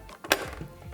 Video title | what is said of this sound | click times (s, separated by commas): Kenwood Chef XL Titanium Unboxing- Rosie's Dessert Spot | To open it up, press down and then push back to hear a click. | 0.3 s